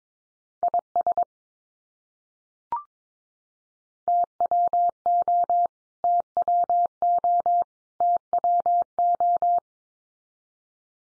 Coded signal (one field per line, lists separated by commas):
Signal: Morse code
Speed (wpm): 22 wpm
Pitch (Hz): 700 Hz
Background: none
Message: IS TWO TWO TWO